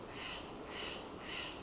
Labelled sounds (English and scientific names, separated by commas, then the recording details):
Steller's Jay (Cyanocitta stelleri)
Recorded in Sonoma County, California